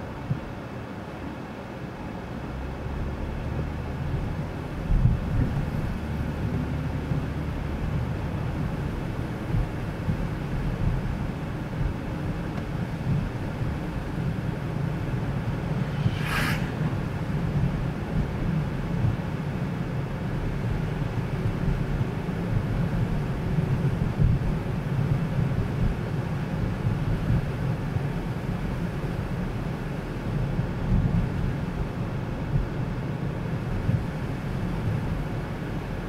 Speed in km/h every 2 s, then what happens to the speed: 0, 14, 26, 31, 36, 35, 34, 36, 39, 41, 45, 45, 43, 42, 42, 42, 43, 44.
0-8 pulls away to 36. 12-20 speeds up to 45. 20-36 steady at about 43.